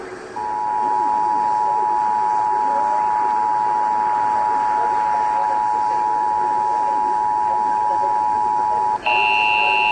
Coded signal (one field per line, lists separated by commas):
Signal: Emergency Alert System (SAME) tones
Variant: 853 and 960 Hz attention tone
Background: speech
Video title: EAS N/A - N/A | Kern & LA County RMTs w/@theM12 (12/31/24)